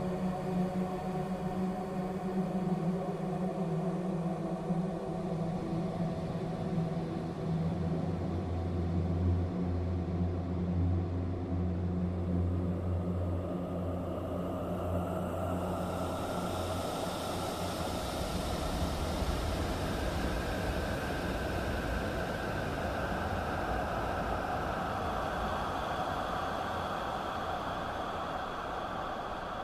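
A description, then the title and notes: A deep, steady hum fills a cave for the first half, with layered low drones and a lower tone swelling in around eight seconds. Past the midpoint a rushing wash like surging waves rises and takes over, dense and hissing, while the low rumble carries on beneath. Humming and waves in a creepy cave.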